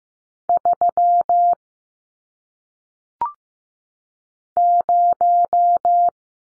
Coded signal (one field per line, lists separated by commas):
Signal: Morse code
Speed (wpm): 15 wpm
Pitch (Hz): 700 Hz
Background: none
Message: 3 0